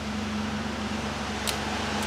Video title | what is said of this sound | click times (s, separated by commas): Squirrel vs Toyota Tacoma - Part II | so I have to click back on like that | 1.5 s